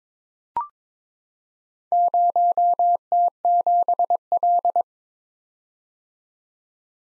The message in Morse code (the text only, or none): 0T7L